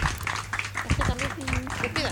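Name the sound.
audience applause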